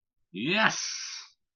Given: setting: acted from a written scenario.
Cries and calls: vocal sound without words; triumph

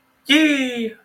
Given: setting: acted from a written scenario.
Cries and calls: vocal sound without words; elation

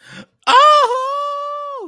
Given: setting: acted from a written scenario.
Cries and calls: vocal sound without words; positive surprise

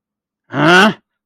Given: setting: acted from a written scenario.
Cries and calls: vocal sound without words; anger

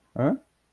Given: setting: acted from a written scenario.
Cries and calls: vocal sound without words; confusion

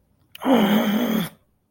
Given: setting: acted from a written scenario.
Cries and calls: vocal sound without words; anger

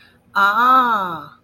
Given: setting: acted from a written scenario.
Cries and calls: vocal sound without words; realization

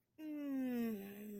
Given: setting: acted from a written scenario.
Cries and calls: vocal sound without words; contentment

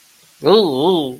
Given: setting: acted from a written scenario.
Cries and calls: vocal sound without words; embarrassment

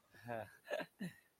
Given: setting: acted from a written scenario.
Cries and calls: vocal sound without words; pride

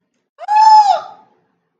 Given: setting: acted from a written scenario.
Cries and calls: vocal sound without words; fear

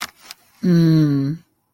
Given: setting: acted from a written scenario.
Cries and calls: vocal sound without words; positive surprise

